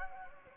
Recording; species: mosquito wingbeat signal from an infrared sensor; Anopheles gambiae